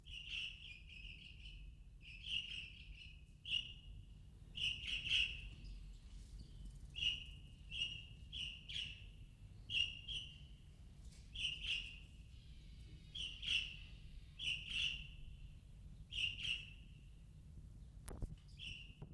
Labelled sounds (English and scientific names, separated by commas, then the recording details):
Golden-breasted Starling (Lamprotornis regius)
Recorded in captivity
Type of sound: call, call sequence, twittering, wing sound
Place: Zoo Berlin, Berlin, DE
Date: 1995-03-14 14:30
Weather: bedeckt, -1°C
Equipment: Sony WM-D6C, Sennheiser ME 80, Kopie Uher Variocord 263
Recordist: Tembrock, Günter
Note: Lautfolgen